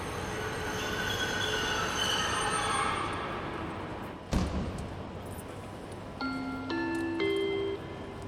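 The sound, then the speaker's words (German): A train arrives at platform 13 of Berlin Hauptbahnhof, rumbling in with high, steady squealing brakes and a sharp metallic clank midway. Then a clear stepped electronic chime of a few rising tones sounds over the fading rumble. “Meine Damen und Herren, an Gleis 13, willkommen in Berlin, Hauptbahnhof.”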